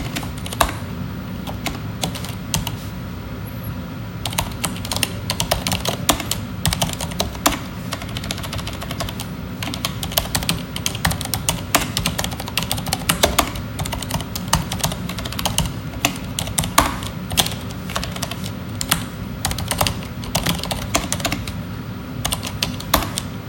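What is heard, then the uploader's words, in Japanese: Typing on a computer keyboard, with a steady run of crisp clicks and clacks at a quick, fairly even pace. Occasional louder key strikes stand out, and a low, constant hum sits underneath the whole time. ASMR ただただキーボードの音。キーボード #ARCHISS #アーキサイト #maestro2s #ビンク軸 #静音。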